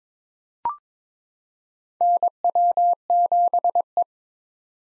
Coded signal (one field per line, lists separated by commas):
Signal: Morse code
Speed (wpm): 21 wpm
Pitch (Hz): 700 Hz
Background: none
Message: NW7E